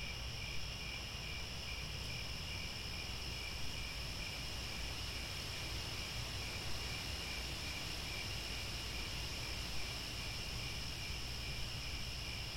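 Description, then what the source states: Continuous high cricket chorus, the trill slightly pulsing, above a constant low rumbling noise. Chorus of crickets chirping at twilight as the sun sets, with stars overhead.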